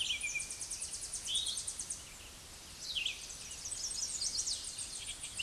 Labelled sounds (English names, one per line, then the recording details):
Tennessee Warbler song
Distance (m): 25 m
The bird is about 15 m above the microphone
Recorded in a Pennsylvania forest on 16 May 2024 at 07:17
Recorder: AudioMoth, point MSD-2345
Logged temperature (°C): 15.5 °C
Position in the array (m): 158 m, 218 m